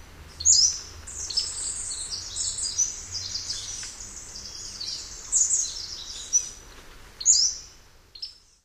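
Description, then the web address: Pacific-slope flycatcher: brief, very high notes and chips scattered throughout, partly masked by constant high-pitched bird chatter. North America; a common western species. "Songs of Birds of North America. Pacific-slope Flycatcher"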